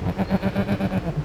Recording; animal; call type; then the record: contact call of a hoofed animal; goat; low-frequency (closed-mouth) or high-frequency (open-mouth) call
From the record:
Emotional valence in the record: negative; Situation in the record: short social isolation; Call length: 1.25 s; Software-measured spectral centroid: 1500 Hz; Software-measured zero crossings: 980 a second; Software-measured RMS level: -24 dBFS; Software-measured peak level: -10 dBFS